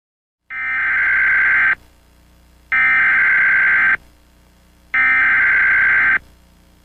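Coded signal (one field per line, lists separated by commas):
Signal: Emergency Alert System (SAME) tones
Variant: header bursts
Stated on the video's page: Real EAS captures with valid SAME tones capable of activating EAS equipment.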